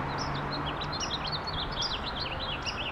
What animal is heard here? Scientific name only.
Haemorhous mexicanus